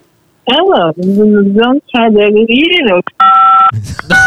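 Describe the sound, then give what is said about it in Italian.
Phone keypad tones from pressed keys: a steady electronic beep holds for about half a second, following a stretch of gliding, wavering voice sounds, with a short burst of noise afterward. “No, stacca le dita dal telefono. No, è la guancia, perché secondo me, signora regina, lei deve tenere il telefono un po' più distante, ok?”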